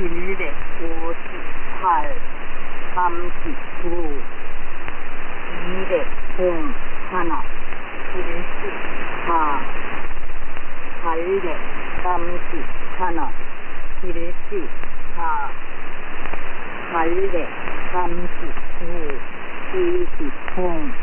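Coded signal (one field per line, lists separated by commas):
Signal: numbers station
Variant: V24, Korean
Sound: female voice reading five-digit number groups in Korean, evenly paced, through radio hiss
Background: radio static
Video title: Numbers Station, South Korean, V24, new voice, April 02, 2012, 1500 UTC, 6215 kHz, AM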